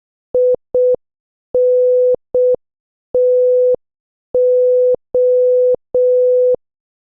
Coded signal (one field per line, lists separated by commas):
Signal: Morse code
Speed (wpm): 6 wpm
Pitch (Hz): 500 Hz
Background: none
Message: INTO